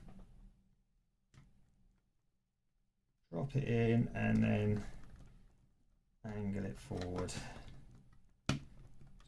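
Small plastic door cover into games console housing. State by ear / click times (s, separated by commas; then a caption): seated / 8.5 s. Someone talks while a small plastic door cover is dropped in, angled forward and pressed onto the housing of a Wii games console. A sharp snap at 8.5 s marks the cover clipping firmly into place.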